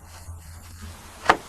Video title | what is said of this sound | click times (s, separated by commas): The Anatomy of Replacing a Low Beam Headlight Bulb on a Renault Megane 2 | There is a slight click. | 1.3 s